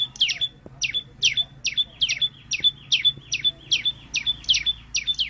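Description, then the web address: White-eye song of steady, evenly spaced high chirps, each sliding down into a brief flat whistle, about two to three per second, with a few faint clicks. The white-eye's flock-calling song (gọi bầy). "tieng chim sau xanh hot goi bay"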